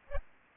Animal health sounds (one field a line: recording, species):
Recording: mosquito wingbeat signal from an infrared sensor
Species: Aedes aegypti